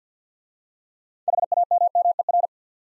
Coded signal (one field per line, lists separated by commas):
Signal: Morse code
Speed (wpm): 50 wpm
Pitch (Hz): 700 Hz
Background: none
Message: HAMMER